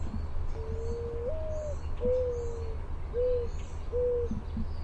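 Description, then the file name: Mourning Dove giving its mournful coo: one long note that lifts and falls, a drawn-out sliding coo, then two shorter hoots, over a constant low hum. "MODO coo"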